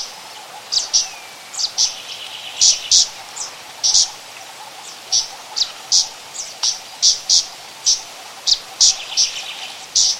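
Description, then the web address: Zitting cisticola repeating sharp, metallic high 'zit' notes, often in quick pairs, over a light hiss. "fantailedwarbler"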